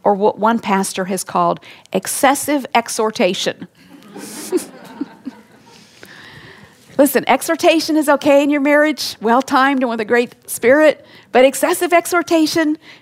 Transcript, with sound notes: or what one pastor has called “excessive exhortation!” (laughter) Listen, exhortation is okay in your marriage—well-timed and with a great spirit—but excessive exhortation...